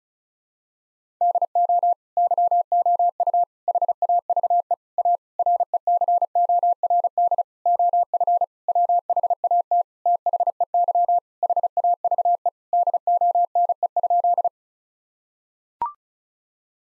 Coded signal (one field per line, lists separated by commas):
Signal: Morse code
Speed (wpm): 36 wpm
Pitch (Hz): 700 Hz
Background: none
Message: DO YOU HAVE A RECORD OF WHAT THEY HAVE DONE?